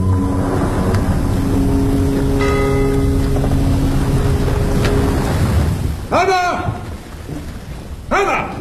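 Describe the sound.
A ship's bell rings out in fog over a steady wash of water and engine rumble, its tone sustaining for several seconds before fading, after which a voice begins speaking.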